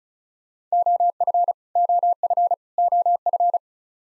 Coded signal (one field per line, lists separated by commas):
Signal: Morse code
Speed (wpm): 36 wpm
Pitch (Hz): 700 Hz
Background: none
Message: OF OF OF